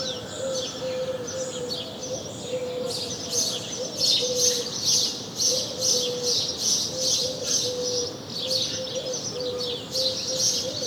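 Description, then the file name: House sparrow chirping, dense and rapid after the first few seconds, with a low drawn-out tone sounding steadily underneath. "Passer domesticus"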